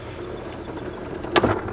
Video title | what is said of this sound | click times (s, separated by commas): Hose Management | So yes, it is a retractable hose, so that means you pull it out, you hear that click, | 1.4 s